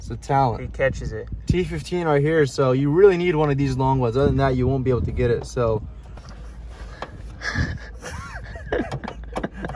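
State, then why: Released. Someone talks for the first six seconds while working on the headliner of a 2022 Chevrolet Silverado 1500 Z71, where a long T15 bit is needed for the screw. The plastic dome light housing is then pried at in the truck headliner amid quieter handling noises. Its retaining clip gives with a sharp click at 9.0 s, releasing the housing so it can be twisted out.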